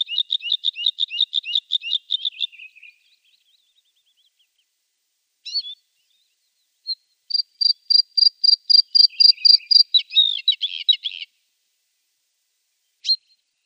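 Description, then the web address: Bluethroat song: a fast series of repeated ringing notes, then a pause and a second run of bright notes with buzzy, varied phrases near the end. "Schulze Peter Bluethroat song"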